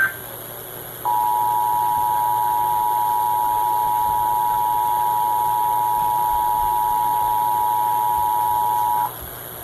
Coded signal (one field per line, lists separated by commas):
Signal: Emergency Alert System (SAME) tones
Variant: 853 and 960 Hz attention tone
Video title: EAS Flash Flood Warning on Radio + Soundbar! (FM 89.7) WXL58's Transferred Emergency Alert System